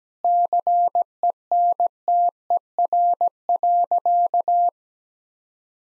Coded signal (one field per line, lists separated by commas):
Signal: Morse code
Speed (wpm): 17 wpm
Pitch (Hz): 700 Hz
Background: none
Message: CENTER.